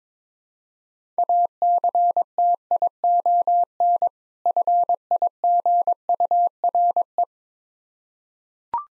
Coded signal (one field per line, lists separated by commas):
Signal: Morse code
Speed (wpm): 22 wpm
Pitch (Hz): 700 Hz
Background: none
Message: ACTION FIGURE